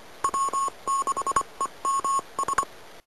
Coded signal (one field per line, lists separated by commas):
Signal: Morse code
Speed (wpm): 24 wpm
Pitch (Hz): 1090 Hz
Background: none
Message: W6EMS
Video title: QSO with DU3SJM Edgar in UAE with DW9HTB Tito Tony and Paring Bros in Bukidnon